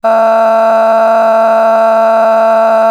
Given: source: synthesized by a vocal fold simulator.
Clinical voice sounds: sustained vowel; female; a random mix of aspiration noise, stiffness perturbation and strain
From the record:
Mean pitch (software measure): 224 Hz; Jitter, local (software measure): 1.68%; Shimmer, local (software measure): 5.4%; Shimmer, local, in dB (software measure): 0.47 dB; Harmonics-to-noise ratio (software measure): 15.7 dB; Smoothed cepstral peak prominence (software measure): 14.7 dB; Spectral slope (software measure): -20.5 dB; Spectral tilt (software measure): -10.3 dB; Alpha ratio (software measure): -10.9 dB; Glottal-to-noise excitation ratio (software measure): 0.907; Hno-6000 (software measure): 2.2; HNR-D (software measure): 33.1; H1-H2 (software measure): -1.5 dB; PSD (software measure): 6.6e-05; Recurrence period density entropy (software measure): 0.115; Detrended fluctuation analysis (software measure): 0.0121

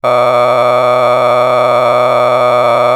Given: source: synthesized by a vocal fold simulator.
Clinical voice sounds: sustained vowel; male; a random mix of aspiration noise, stiffness perturbation and strain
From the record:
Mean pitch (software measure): 121 Hz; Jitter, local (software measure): 2.73%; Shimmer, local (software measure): 10.7%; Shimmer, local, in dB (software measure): 1.01 dB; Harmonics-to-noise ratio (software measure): 9.8 dB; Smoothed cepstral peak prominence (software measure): 16.3 dB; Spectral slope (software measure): -14.2 dB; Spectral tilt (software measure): -10.8 dB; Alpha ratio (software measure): -4.7 dB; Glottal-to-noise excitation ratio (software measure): 0.990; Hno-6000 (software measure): 2.0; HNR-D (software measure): 22.6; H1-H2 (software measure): 1.7 dB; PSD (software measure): 2.4e-04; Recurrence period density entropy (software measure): 0.116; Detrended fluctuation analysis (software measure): 0.0325

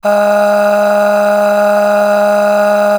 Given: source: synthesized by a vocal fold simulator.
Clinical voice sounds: sustained vowel; female; aspiration noise (breathiness), level 9 of 10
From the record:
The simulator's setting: 3.21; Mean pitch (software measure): 206 Hz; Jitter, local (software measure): 1.04%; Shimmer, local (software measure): 13.6%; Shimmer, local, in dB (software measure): 1.20 dB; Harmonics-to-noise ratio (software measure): 13.2 dB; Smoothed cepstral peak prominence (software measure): 11.2 dB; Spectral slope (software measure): -20.4 dB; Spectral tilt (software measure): -7.3 dB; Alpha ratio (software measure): -10.9 dB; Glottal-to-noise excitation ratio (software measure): 0.742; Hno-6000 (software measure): 1.8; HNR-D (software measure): 35.2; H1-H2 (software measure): 7.3 dB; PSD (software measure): 4.4e-05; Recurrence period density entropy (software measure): 0.127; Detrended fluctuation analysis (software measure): 0.0277

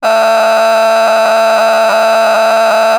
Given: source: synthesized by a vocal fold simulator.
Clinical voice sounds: sustained vowel; female; a random mix of aspiration noise, stiffness perturbation and strain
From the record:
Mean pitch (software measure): 222 Hz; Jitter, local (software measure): 3.44%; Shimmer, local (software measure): 5.3%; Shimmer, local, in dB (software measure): 0.49 dB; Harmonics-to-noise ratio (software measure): 9.8 dB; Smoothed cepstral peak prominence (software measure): 11.8 dB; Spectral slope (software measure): -16.7 dB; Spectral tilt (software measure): -8.3 dB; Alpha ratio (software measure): -7.3 dB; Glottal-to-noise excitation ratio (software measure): 0.910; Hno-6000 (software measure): 1.6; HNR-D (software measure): 29.9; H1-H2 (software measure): -4.1 dB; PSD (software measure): 1.1e-03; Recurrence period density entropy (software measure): 0.126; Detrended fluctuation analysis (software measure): 0.0089

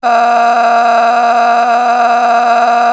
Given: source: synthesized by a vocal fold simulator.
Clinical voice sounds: sustained vowel; female; a random mix of aspiration noise, stiffness perturbation and strain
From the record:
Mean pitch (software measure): 237 Hz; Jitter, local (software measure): 1.87%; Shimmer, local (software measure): 14.7%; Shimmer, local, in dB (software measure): 1.31 dB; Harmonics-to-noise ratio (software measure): 11.4 dB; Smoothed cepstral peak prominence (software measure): 12.1 dB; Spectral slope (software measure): -17.5 dB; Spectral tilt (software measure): -8.8 dB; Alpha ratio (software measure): -8.0 dB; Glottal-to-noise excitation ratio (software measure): 0.780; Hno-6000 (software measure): 1.8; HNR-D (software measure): 33.8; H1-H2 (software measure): -1.5 dB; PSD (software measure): 1.1e-04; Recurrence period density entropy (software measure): 0.127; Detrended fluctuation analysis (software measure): 0.0135

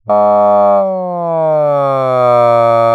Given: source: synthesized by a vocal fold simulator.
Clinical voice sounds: sustained vowel; male; asymmetry, level 27 of 51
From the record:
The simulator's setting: 3.60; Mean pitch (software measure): 132 Hz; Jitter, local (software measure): 0.22%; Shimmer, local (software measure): 1.1%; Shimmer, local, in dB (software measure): 0.09 dB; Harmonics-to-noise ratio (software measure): 33.6 dB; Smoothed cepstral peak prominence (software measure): 23.6 dB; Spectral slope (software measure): -19.2 dB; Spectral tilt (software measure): -12.9 dB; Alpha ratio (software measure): -9.7 dB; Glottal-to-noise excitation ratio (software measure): 0.961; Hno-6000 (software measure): 2.8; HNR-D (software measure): 27.1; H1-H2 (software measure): 0.2 dB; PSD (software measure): 1.5e-03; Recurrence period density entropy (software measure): 0.113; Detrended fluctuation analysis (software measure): 0.0432

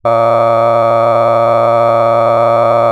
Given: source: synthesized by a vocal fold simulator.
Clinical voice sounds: sustained vowel; male; cycle-to-cycle stiffness perturbation (roughness), level 8 of 10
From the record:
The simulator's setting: 4.90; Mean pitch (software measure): 115 Hz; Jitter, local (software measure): 2.33%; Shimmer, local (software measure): 9.0%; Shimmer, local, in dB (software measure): 0.75 dB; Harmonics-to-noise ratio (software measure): 12.2 dB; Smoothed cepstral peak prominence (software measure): 17.7 dB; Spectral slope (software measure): -16.9 dB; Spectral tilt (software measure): -12.1 dB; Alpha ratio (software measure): -7.4 dB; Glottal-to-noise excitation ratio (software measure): 0.993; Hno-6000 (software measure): 2.4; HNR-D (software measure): 21.4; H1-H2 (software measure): 5.1 dB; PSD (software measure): 1.7e-04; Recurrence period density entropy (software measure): 0.103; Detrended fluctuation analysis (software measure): 0.0556

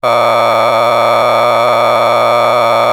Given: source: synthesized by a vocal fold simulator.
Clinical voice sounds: sustained vowel; male; a random mix of aspiration noise, stiffness perturbation and strain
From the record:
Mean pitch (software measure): 118 Hz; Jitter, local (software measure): 3.69%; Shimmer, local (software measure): 7.4%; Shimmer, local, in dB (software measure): 0.58 dB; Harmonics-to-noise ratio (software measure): 6.3 dB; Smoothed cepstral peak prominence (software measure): 13.4 dB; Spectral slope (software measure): -12.6 dB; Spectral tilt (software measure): -10.5 dB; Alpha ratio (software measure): -3.1 dB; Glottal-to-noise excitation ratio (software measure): 0.975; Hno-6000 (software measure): 1.9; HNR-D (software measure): 18.9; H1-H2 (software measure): 1.5 dB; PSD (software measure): 3.4e-04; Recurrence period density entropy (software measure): 0.127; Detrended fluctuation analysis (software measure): 0.0310

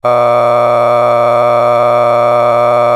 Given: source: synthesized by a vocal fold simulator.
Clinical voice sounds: sustained vowel; male; a random mix of aspiration noise, stiffness perturbation and strain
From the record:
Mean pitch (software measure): 120 Hz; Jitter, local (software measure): 2.18%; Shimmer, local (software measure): 4.5%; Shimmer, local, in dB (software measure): 0.40 dB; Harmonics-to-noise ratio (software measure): 12.2 dB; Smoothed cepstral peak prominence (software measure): 16.0 dB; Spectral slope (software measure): -16.1 dB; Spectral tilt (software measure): -11.1 dB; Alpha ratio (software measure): -6.5 dB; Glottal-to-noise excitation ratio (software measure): 0.965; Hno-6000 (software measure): 2.1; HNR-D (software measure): 25.3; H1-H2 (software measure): 3.6 dB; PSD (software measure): 1.5e-04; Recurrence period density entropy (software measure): 0.111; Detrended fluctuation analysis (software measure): 0.0373

